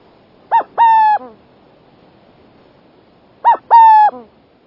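Burrowing owl double hoot: a short note followed by a longer, steady mellow hoot, the pair given twice about three seconds apart in otherwise quiet surroundings.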